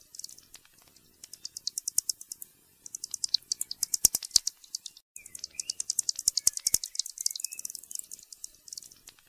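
Pipistrelle bat producing streams of sharp, high-pitched ticks in quick, irregular bursts, with one brief dropout partway through.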